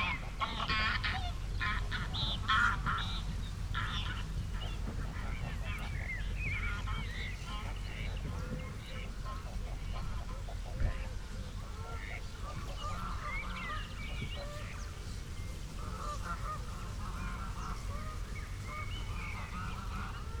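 Greylag geese cackle and honk loudly as they fly over, busiest in the first three seconds, while a sedge warbler keeps up its scratchy, persistent song. Calls stay dense throughout over a steady low rumble, with one sharp call near eleven seconds.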